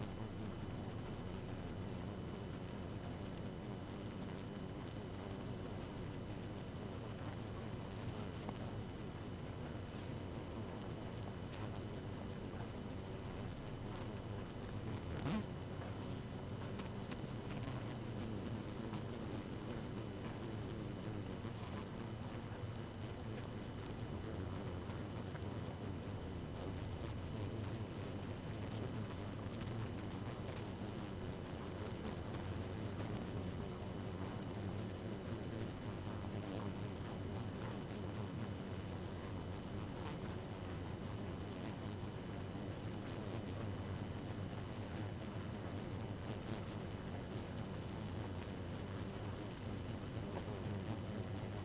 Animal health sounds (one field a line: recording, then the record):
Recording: honeybee colony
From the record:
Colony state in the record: active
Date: 12 June 2018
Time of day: 1:18